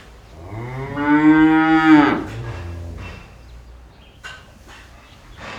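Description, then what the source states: Cattle: cow giving one loud drawn-out moo over about two seconds, then a short lower grunt and quiet clatter afterwards. Inside a cow barn.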